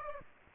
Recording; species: mosquito wingbeat signal from an infrared sensor; Aedes aegypti